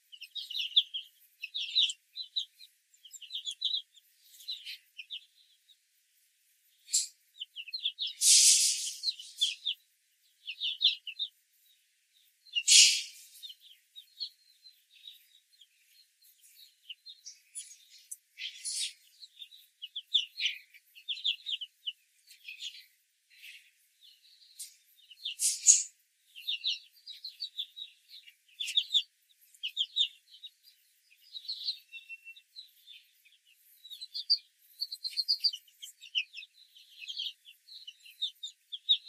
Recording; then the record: young laying hens in a cage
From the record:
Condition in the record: control cage, after the stress test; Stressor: none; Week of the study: 4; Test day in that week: 1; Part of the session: 1